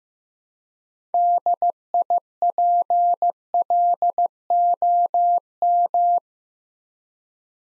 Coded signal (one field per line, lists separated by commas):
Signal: Morse code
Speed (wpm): 15 wpm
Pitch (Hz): 700 Hz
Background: none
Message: DIPLOM